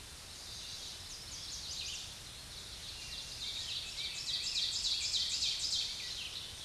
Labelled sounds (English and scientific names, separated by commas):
Ovenbird (Seiurus aurocapilla) song